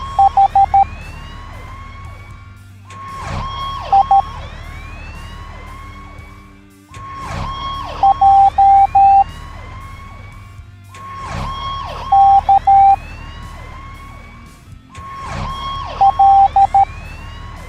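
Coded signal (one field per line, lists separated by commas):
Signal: Morse code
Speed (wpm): 13 wpm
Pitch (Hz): 790 Hz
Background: none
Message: H I J K L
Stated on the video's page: Morse code alphabet taught in a children's cartoon featuring monster trucks and fire trucks.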